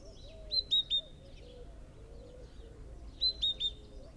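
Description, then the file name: Great tit calling with two crisp bursts of three high whistled notes about three seconds apart, softer bird chatter lower down between them. "Parus major"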